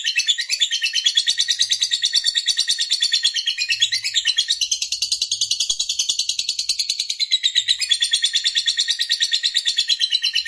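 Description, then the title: Lovebird song with dense, high-pitched twittering and chattering, wavering in pitch and running unbroken throughout. Fighter lovebird, described as gacor, singing energetically. "Berkat SUARA Lovebird FIGHTER GACOR Ini"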